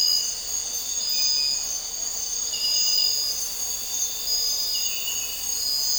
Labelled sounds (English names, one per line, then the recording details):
none
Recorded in dense forest near Puerto Asís, Putumayo, Colombia, on 4 March 2025 at 04:30
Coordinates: 0.467, -76.328
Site G041